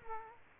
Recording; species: mosquito wingbeat signal from an infrared sensor; Culex quinquefasciatus